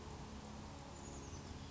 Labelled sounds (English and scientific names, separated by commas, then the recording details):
Oak Titmouse (Baeolophus inornatus)
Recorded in Sonoma County, California